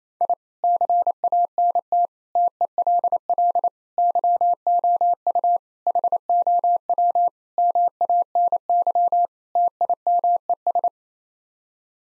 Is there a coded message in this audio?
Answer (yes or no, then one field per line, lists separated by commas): yes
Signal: Morse code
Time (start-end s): 0.2-10.9 s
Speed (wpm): 28 wpm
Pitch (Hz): 700 Hz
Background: none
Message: I CANT TELL YOU HOW MANY TIMES